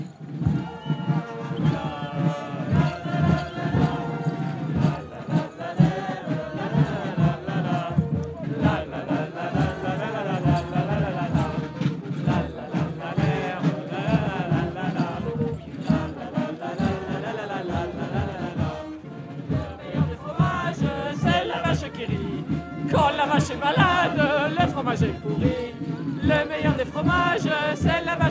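A loud, dense street carnival crowd at the Digue de Mer in Dunkerque, France, singing carnival chants together, with steady rhythmic thumps driving the beat and many voices blending into a continuous roar throughout.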